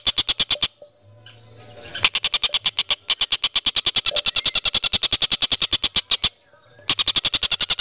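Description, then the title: Van Hasselt's sunbird giving fast, loud trains of rapid pulses, about 1 to 3 seconds each, separated by short pauses with a faint low hum. A master song for training cage birds; local name kolibri ninja; described as melodious, clear and loud. "Suara Kolibri Ninja Pilihan MERDU, JELAS DAN LANTANG Cocok Dijadikan Masteran Burung Anda"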